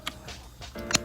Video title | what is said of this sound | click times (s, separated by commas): Wastelands Wednesday 38. The Rig. Winter in the Wasteland Road Trip Custom. #jimsilva | that just snaps back into place | 0.9 s